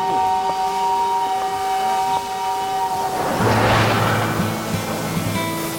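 A steam whistle sounds with sustained steady tones as a train departs from a station, then a loud burst of hissing steam rises as the train begins to move, with low rumbling underneath and no speech.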